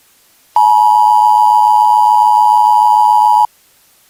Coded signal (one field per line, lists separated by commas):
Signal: Emergency Alert System (SAME) tones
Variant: 853 and 960 Hz attention tone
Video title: EAS Scenarios - January